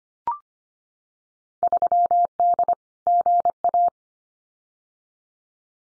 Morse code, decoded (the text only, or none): 3D GA